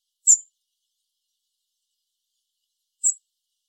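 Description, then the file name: European robin calls: two short, very high-pitched thin notes nearly three seconds apart, with silence around them. "Erithacus rubecula"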